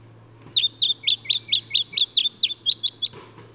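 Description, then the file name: Lemon-bellied flyrobin calls: a fast run of many sharp, high, upslurred notes over about two and a half seconds, with a low steady hum beneath. "Microeca Flavigaster"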